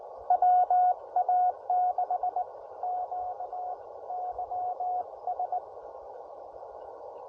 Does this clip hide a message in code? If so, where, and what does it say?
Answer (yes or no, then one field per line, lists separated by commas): yes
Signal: Morse code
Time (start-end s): 0.3-5.6 s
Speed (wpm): 19 wpm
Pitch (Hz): 730 Hz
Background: radio noise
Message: WA6QYS